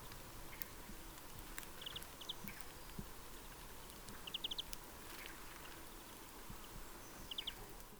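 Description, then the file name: Greenfinch with clipped chup-chup note groups, first a few short groups, then a faster run of four, then another short group near the end, amid rumbling low noise and hiss. "Chloris chloris"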